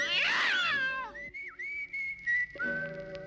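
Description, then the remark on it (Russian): A loud burst of startled cat yowls from cats sitting on a roof, scared off when a rope thrown like a lasso catches on the roof antenna, shrill and sliding downward, lasting about a second, then giving way to a steady whistled melody of sustained high notes. “кидает ее как лассо и цепляет за антенну на крыше, распугивая сидящих там кошек.”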